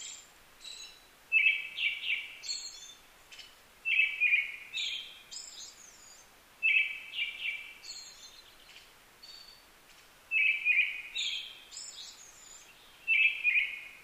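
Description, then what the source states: Brown-headed thrush song, five phrases at uneven intervals, each starting with a low fluty double note then thin high twittering notes, quiet background. Recorded 15 May 2010 at 18:56.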